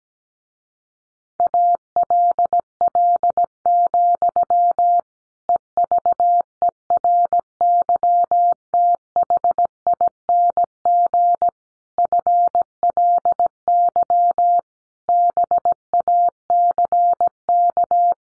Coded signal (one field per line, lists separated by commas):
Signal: Morse code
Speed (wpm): 17 wpm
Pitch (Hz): 700 Hz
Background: none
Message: ALL, EVERYTHING FLY BACK